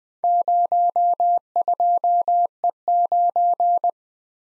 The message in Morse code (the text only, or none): 02E9